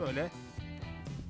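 Someone pulls on the strap of a plastic snow chain fitted around a car tyre, trying to tighten and seat it, while someone talks over music playing underneath. No distinct click stands out. The strap fails to seat, and nothing has seated or clicked yet.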